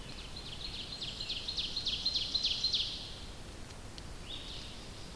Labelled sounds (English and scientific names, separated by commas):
Ovenbird (Seiurus aurocapilla) song